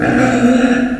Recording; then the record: squeal of a Yucatan mini pig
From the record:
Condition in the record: after surgery on the right vocal fold (resection and tissue-engineered implant); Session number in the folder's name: 4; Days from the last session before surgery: 26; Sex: female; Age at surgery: 19 weeks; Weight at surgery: 25 kg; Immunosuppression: prednisolone